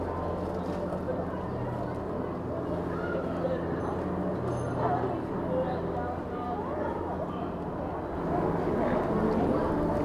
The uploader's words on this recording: Up-market shopping street. Captured on a street that is home to high-end shops. The street is busy with people shopping for Christmas gifts. It is late afternoon.